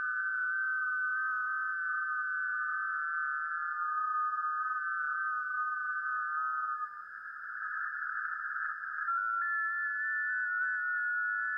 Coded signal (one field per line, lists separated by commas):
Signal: FT8